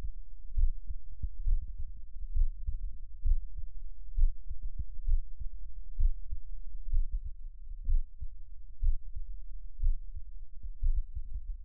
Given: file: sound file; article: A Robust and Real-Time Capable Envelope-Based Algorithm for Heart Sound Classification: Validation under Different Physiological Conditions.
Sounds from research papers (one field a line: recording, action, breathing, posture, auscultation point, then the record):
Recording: heart sounds by electronic stethoscope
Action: rest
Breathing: normal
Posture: sitting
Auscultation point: Erb’s point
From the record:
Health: healthy, no known heart disease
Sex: male